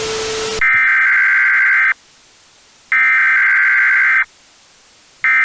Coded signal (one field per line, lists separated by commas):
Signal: Emergency Alert System (SAME) tones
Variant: header bursts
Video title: EAS Scenario: DON'T LOOK BEHIND YOU [FULL]